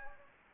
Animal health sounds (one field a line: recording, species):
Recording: mosquito wingbeat signal from an infrared sensor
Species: Anopheles gambiae